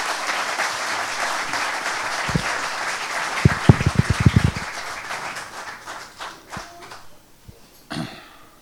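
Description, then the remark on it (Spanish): Audience applause at a club, welcoming economist and journalist Dr. Juan Carlos de Pablo as speaker: a steady wash of many hands clapping, with a brief burst of louder, sharper claps in the middle before it thins out and fades, a few coughs mixed in. “Le agradezco mucho al doctor de Pablo su presencia en el club y pido por anticipado un aplauso por venir.”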